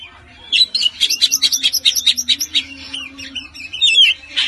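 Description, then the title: Oriental magpie-robin song: a fast run of repeated sharp chattering notes, then looping whistled phrases, over a faint steady low hum. "Kacer"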